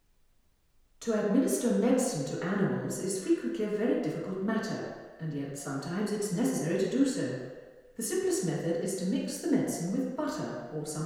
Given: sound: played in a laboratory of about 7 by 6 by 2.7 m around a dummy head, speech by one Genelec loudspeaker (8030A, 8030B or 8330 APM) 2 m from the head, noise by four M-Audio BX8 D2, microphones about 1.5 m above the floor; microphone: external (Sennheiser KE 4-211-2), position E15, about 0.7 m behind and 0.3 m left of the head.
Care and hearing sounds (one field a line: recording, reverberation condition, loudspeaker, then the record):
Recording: female speech in English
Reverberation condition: high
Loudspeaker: 90 degrees to the right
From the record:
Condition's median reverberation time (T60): about 1300 ms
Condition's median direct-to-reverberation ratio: about -4.0 dB